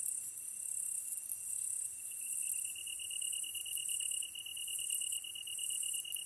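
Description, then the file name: Tree cricket song as a constant high trill that swells stronger partway through, with a shimmering, pulsed buzz of another insect above. Kantan tree cricket recorded together with ezo-tsuyumushi katydid at night, 15 August 2010, 22:39, with a DH-D50. "kantan ezotuyumusi-20100815-2239"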